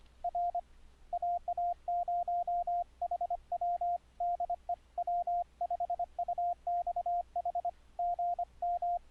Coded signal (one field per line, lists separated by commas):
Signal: Morse code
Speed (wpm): 25 wpm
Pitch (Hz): 700 Hz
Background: radio noise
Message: R AA0HW DE W5UXH GM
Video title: iCW Cómo conectarse a INTERNET CW